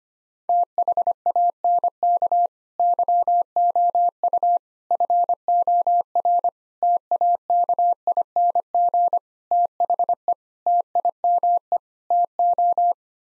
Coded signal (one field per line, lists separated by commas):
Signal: Morse code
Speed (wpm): 25 wpm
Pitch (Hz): 700 Hz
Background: none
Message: THANK YOU FOR TAKING THE TIME TO